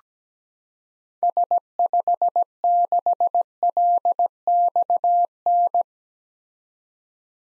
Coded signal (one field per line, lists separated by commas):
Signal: Morse code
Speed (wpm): 17 wpm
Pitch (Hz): 700 Hz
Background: none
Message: S56LXN